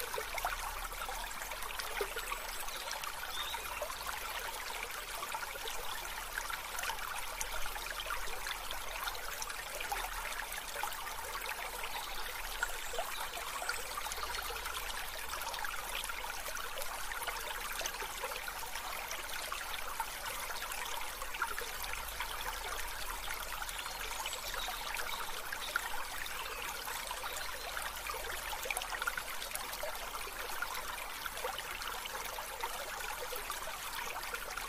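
Water trickles and dribbles steadily into a pond, a dense, bright splashing that holds even from start to finish. A faint low hum sits underneath, and no single event stands out above the constant flow.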